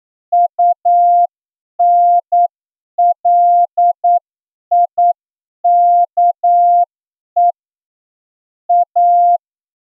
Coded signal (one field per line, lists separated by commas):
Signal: Morse code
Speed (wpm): 9 wpm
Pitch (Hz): 700 Hz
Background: none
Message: UNLIKE A